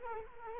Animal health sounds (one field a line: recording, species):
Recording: mosquito wingbeat signal from an infrared sensor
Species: Culex quinquefasciatus